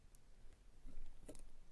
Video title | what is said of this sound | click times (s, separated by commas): Breathing New Life into Your Sega Game Gear: Capacitor Replacement and Screen Repair | just like to try to get some tweezers twist them a little bit they'll lift up you'll hear it pop kind of like this one over here | 1.3 s, 1.4 s